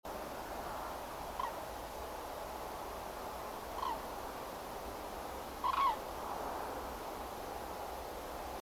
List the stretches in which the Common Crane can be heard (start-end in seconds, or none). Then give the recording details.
1.38-1.48, 3.77-3.94, 5.63-5.94. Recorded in France